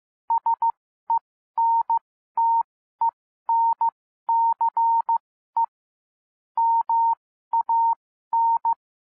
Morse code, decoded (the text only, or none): SENTENCE MAN